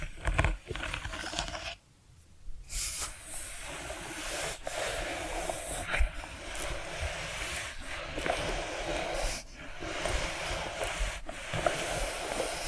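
Tapping and scratching sounds run almost without pause, a dense, bright rasp with quick taps scattered through it. The texture drops out for a moment near the two-second mark, and brief gaps recur around 4.5, 8, 9.5 and 11 seconds before the scratching resumes.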